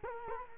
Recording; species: mosquito wingbeat signal from an infrared sensor; Culex quinquefasciatus